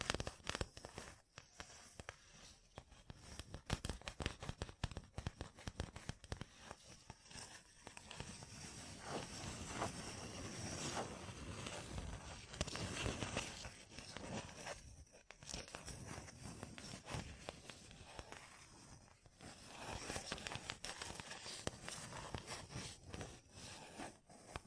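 Gem-covered fingertips tap and scratch in quick, dense bursts of crisp clicks and rough, crackling scrapes. The sound stays busy throughout, with steadier scratching stretches around 8–14 seconds and near 20 seconds, and brief dips in between.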